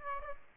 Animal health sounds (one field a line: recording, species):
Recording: mosquito wingbeat signal from an infrared sensor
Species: Aedes aegypti